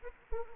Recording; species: mosquito wingbeat signal from an infrared sensor; Anopheles arabiensis